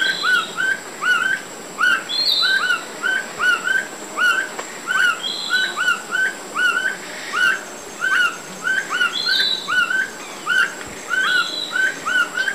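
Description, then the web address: Black Bushbird duet: a steady series of short hooked whistles mixed with higher overlapping notes, over a constant high-pitched hum. Duet; eastern lowlands of Ecuador, South America. "Natures Songs S America Eastern Lowlands Neoctantes niger, duet"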